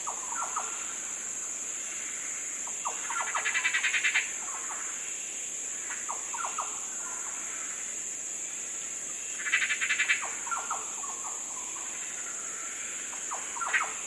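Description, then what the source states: Yellow oriole song of scattered fluty whistles, interrupted twice by loud rattling buzzy trills, all over a constant high insect drone. More than one yellow oriole, giving fluty sounds.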